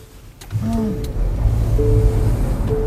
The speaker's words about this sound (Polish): Ten samochód wytwarza różne dziwne dźwięki, ostrzeżenia, kurczę, jest naładowany elektroniką. To co, odpalamy?